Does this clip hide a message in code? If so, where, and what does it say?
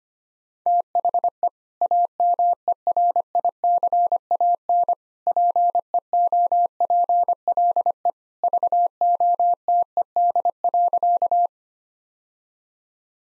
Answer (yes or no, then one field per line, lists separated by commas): yes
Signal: Morse code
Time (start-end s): 0.7-11.5 s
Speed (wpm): 25 wpm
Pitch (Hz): 700 Hz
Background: none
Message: THE AMERICAN PEOPLE VOTED.